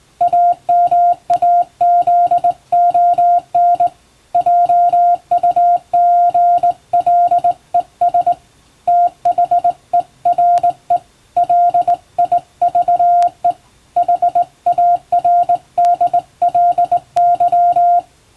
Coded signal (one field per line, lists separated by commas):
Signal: Morse code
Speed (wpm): 19 wpm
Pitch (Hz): 700 Hz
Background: music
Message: AMAZON JUGLES THERE LIVE HARDLY